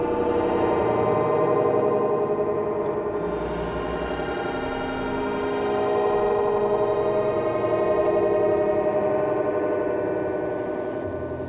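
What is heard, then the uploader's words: Slow, meditative synths hold a thick, ringing chord that sustains through the whole stretch, with a gong-like shimmer and gentle swells in loudness around the second and eighth seconds. A few faint, brief clicks sit high above the drone near the middle. Yardwork with synths. This episode features a stereo recording of working in the yard and slow meditative synths.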